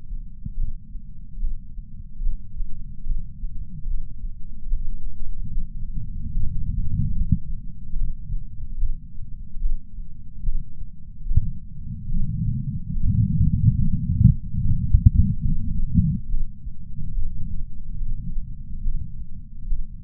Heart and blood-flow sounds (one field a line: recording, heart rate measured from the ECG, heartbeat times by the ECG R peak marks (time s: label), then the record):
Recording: heart sounds by patch sensor on the chest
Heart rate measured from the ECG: 72 bpm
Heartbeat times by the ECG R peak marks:
0.58 s: heartbeat
1.41 s: heartbeat
2.22 s: heartbeat
3.05 s: heartbeat
3.87 s: heartbeat
4.69 s: heartbeat
5.51 s: heartbeat
6.32 s: heartbeat
7.14 s: heartbeat
7.96 s: heartbeat
8.78 s: heartbeat
9.62 s: heartbeat
10.44 s: heartbeat
11.27 s: heartbeat
12.10 s: heartbeat
12.94 s: heartbeat
14.27 s: heartbeat
14.81 s: heartbeat
15.46 s: heartbeat
16.14 s: heartbeat
17.14 s: heartbeat
17.98 s: heartbeat
18.85 s: heartbeat
19.69 s: heartbeat
From the record:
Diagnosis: coronary artery disease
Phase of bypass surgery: preoperative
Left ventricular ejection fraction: 58.9%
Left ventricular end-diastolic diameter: 51 mm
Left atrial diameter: 51 mm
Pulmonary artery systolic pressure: 40 mmHg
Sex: male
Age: 73 years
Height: 170 cm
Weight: 85 kg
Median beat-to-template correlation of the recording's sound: 0.81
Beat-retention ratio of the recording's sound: 0.95